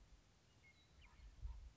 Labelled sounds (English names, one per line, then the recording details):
Western Meadowlark
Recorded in Sonoma County, California